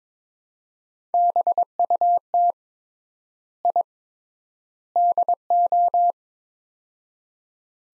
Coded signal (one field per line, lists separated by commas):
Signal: Morse code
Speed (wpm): 22 wpm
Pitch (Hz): 700 Hz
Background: none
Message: BUT I DO